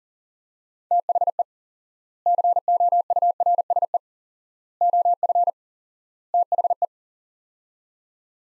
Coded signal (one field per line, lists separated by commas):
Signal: Morse code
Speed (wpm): 40 wpm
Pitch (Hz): 700 Hz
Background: none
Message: THE COURSE OF THE